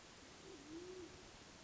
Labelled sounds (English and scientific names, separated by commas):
Band-tailed Pigeon (Patagioenas fasciata)